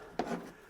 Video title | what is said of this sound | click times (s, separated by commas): Range Report: Rock Island Armory Baby Rock 1911 - The compact .380 ACP BBR Standard | Let's put the Rock Island mag into the Colt, and it doesn't lock in either. | none